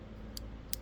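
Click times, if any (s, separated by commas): 0.4 s, 0.7 s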